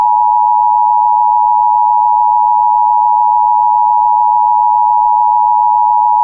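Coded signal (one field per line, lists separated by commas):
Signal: Emergency Alert System (SAME) tones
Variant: 853 and 960 Hz attention tone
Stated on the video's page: Fictional EAS mockup of a sudden snowstorm in Springfield, a simulated alert.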